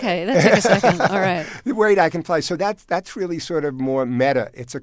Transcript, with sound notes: That took a second. All right.
(LAUGHTER)
Wait, I can fly. So that's really sort of more meta.